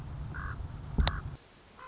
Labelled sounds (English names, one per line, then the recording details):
Common Raven
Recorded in Sonoma County, California